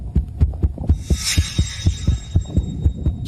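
Low, thudding heartbeats come quickly, at about 125 a minute, with spacing that is not fully even, as heard through a stethoscope. The heart is beating too fast, with a somewhat chaotic, disordered rhythm. A soft hiss rises in the background partway through.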